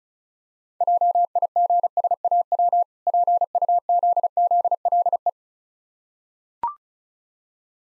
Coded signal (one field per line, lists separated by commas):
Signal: Morse code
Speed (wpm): 36 wpm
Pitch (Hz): 700 Hz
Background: none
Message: JIGSAW PUZZLE